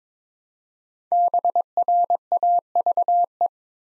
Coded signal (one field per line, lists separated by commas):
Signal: Morse code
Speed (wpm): 22 wpm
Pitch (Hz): 700 Hz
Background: none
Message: BRAVE